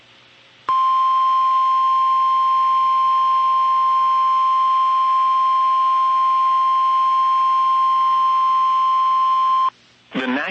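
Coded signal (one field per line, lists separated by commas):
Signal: Emergency Alert System (SAME) tones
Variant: 1050 Hz attention tone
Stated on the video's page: NOAA Weather Radio severe thunderstorm, tornado and flash flood warnings for North and Central Texas.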